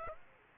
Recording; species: mosquito wingbeat signal from an infrared sensor; Aedes aegypti